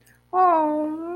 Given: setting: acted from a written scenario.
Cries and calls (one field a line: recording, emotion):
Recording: vocal sound without words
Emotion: adoration